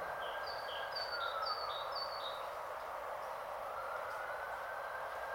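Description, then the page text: Great tit repeating bright two-note phrases, high then lower, four times in a row. A faint whistled note sounds among them, with rain hissing throughout. Heard outside a window on a grey, rainy Saturday, 8 January 2022, in rain; described as a herald of spring. "Fiona Dunn's Podcast. Great Tit in the Rain on 8 Jan 2022. It was wonderful to hear this herald of Spring outside my window on a grey, rainy Saturday"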